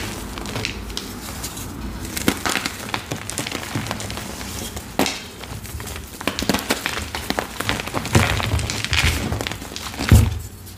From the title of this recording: Watermelon ASMR